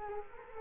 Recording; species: mosquito wingbeat signal from an infrared sensor; Culex quinquefasciatus